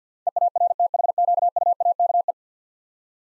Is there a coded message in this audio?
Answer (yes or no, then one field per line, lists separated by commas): yes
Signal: Morse code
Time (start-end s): 0.3-2.3 s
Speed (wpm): 47 wpm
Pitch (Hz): 700 Hz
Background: none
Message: EARTHQUAKE